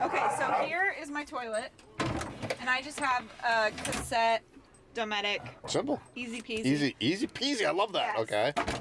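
A portable Dometic cassette toilet is handled and pushed toward its mount in a camper van while someone talks throughout. The clip ends just before the toilet goes home, and nothing has seated or clicked yet.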